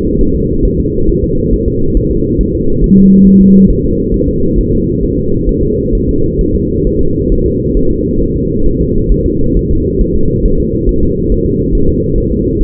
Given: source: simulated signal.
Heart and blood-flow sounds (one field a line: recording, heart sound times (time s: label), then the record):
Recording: fetal heart sounds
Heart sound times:
0.21 s: S1
0.35 s: S2
0.65 s: S1
0.80 s: S2
1.09 s: S1
1.24 s: S2
1.53 s: S1
1.68 s: S2
1.97 s: S1
2.11 s: S2
2.41 s: S1
2.55 s: S2
2.84 s: S1
2.98 s: S2
3.27 s: S1
3.41 s: S2
3.70 s: S1
3.85 s: S2
4.14 s: S1
4.28 s: S2
4.58 s: S1
4.73 s: S2
5.03 s: S1
5.18 s: S2
5.49 s: S1
5.63 s: S2
5.95 s: S1
6.09 s: S2
6.41 s: S1
6.55 s: S2
6.87 s: S1
7.01 s: S2
7.32 s: S1
7.46 s: S2
7.77 s: S1
7.91 s: S2
8.21 s: S1
8.36 s: S2
8.66 s: S1
8.81 s: S2
9.11 s: S1
9.26 s: S2
9.57 s: S1
9.71 s: S2
10.01 s: S1
10.16 s: S2
10.46 s: S1
10.60 s: S2
10.89 s: S1
11.03 s: S2
11.32 s: S1
11.46 s: S2
11.75 s: S1
11.89 s: S2
12.18 s: S1
12.32 s: S2
12.61 s: S1
From the record:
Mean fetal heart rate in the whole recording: 135 bpm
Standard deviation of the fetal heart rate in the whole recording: 3 bpm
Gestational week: 36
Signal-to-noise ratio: -16.4 dB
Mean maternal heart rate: 72 bpm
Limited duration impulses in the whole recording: present